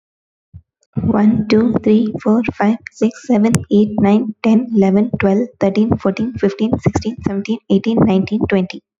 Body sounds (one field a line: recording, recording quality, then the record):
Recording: counting at a fast pace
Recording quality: excellent, no background noise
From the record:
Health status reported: healthy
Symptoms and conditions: none ticked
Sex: female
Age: 24 years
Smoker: not ticked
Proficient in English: yes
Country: India